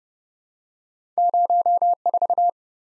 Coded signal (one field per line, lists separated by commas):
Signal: Morse code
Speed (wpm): 30 wpm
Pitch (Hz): 700 Hz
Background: none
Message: 04